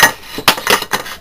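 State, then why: Seated. A lid is quickly closed onto a silicone-grease-sealed glass fuming box of crystallized iodine to keep the fumes from escaping. Clattering glass and metal sounds are heard, with the lid locking into place at 0.5 s, followed by further lighter clinks.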